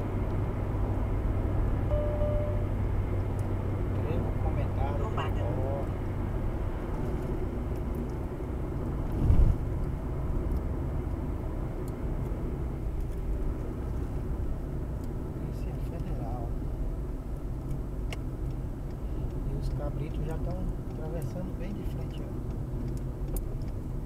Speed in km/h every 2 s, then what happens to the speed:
92, 90, 81, 72, 71, 64, 54, 50, 49, 47, 45, 46.
0-24 slows to 46.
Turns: none.